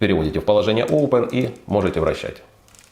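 Someone talks while handling the locking flag lever on the plastic bicycle mount of a Wuben X1 Pro light, which is set to the Open position so the light can be rotated. Faint light ticks follow near the end, around 2.7 to 2.8 s, as the speech fades out. Nothing has seated or clicked yet, and the lever has not been locked back.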